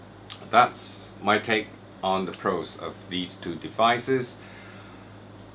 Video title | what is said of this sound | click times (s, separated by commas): Vpark TC70, TC150 Box & Maxtank Pro | and when you want to put it back you just press it and it clicks in place so | 0.3 s